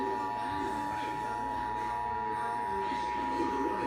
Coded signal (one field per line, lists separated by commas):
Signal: Emergency Alert System (SAME) tones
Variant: 853 and 960 Hz attention tone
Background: speech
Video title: EAS #45 Flash Flood Warning